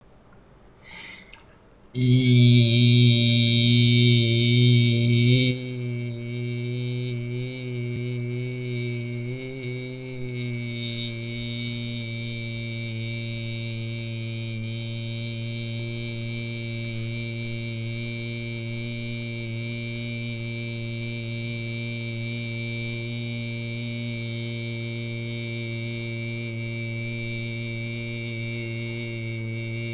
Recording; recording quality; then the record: sustained vowel as in beet; excellent, no background noise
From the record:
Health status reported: recovered from COVID-19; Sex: male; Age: 20 years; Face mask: not worn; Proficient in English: yes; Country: India